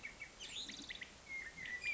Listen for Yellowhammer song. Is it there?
no